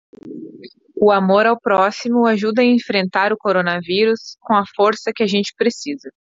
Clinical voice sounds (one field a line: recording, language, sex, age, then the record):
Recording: spoken sentence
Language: Brazilian Portuguese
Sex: female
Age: 20 to 29 years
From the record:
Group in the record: control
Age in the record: 28 years